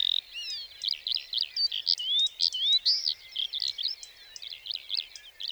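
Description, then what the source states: Lark song with clear slurred whistles, some rising, mixed with quick chirps and short trills in a lively stream. Sings perched atop a bush before full daybreak, for about a quarter hour before flying off; Plateau de Lesches-en-Diois, 29 March 2020; Nagra Seven, stereo, cardioid MKH40.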